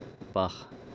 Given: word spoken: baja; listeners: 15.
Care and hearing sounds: one Spanish word in noise, from a listening test; noise modulated by three-talker babble; 16.8 dB; 1 of 15; 13 of 15; 0.55 s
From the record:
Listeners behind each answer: 13, 1, 1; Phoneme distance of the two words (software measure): 10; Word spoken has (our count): 2 syllables, 4 phonemes, stress on syllable 1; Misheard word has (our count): 2 syllables, 4 phonemes, stress on syllable 1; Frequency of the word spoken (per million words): 121.54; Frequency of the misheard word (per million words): 10.30

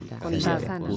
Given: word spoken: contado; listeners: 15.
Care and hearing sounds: one Spanish word in noise, from a listening test; four-talker babble; -2.0 dB; 0 of 15; 10 of 15; 0.57 s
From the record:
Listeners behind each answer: 10, 1, 1, 1, 1, 1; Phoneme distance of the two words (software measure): 50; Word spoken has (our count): 3 syllables, 7 phonemes, stress on syllable 2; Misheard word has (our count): 3 syllables, 7 phonemes, stress on syllable 2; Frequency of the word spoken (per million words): 22.42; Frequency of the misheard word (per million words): 15.08

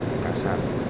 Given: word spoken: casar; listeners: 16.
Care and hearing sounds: one Spanish word in noise, from a listening test; speech-shaped noise; -4.7 dB; 5 of 16; 7 of 16; 0.50 s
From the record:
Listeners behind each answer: 7, 5, 2, 1, 1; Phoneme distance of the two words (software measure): 17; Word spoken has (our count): 2 syllables, 5 phonemes, stress on syllable 2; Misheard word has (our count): 3 syllables, 6 phonemes, stress on syllable 2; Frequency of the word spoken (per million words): 5.36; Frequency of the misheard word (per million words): 21.95

